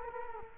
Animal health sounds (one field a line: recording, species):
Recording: mosquito wingbeat signal from an infrared sensor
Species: Culex quinquefasciatus